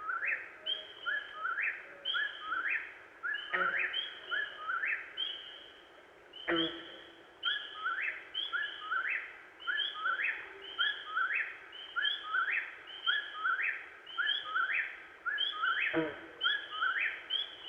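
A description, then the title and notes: An Eastern Whip-poor-will calls without pause, its clear three-note phrase repeating quickly and evenly, bright. A soft hiss of night air sits underneath, and a few sharp knocks or bumps break in near 4, 6.5 and 16 seconds. Sounds of Perch Lake: The Mesmerizing Persistence of the Eastern Whip-poor-will. This week we are, once again, on the shores of Perch Lake in Grand Traverse County, Michigan.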